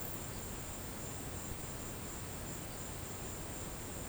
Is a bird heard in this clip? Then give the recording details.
no. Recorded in pastures near Puerto Asís, Putumayo, Colombia, on 19 March 2025 at 16:00. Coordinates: 0.472, -76.329. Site G074